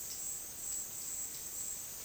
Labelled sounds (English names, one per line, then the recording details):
none
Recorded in dense forest near Puerto Asís, Putumayo, Colombia, on 21 February 2024 at 10:00
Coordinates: 0.466, -76.327
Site G6413